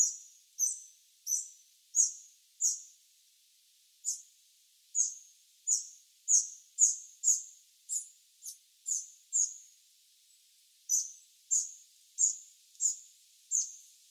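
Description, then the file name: Eurasian wren giving a long series of hard, high call notes, with two brief pauses before the calls resume. "Troglodytes troglodytes"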